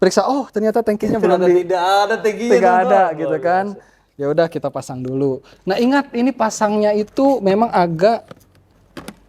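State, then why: Seated. Someone talks while refitting the missing water tank into the plastic body of an EFW71711 wet-dry stick vacuum mop, pressing it in. Two sharp clicks at 9.0 s and 9.1 s mark the tank seating correctly, so it won't leak.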